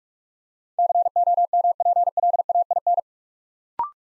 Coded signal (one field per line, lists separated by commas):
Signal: Morse code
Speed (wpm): 44 wpm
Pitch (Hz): 700 Hz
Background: none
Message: COMPLAIN